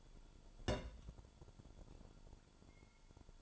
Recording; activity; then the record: daily activity, microphone in the room; place on stove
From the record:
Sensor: 5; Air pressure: 1008.2 hPa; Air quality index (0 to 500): 120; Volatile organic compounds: 1 ppm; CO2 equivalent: 921 ppm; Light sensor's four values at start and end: 29/63/27/27 and 30/66/27/28